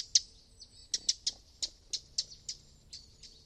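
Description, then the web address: Bird chirps: a quick irregular series of sharp high notes, some in pairs. "Deverinetal 2025 File origin Bird Only"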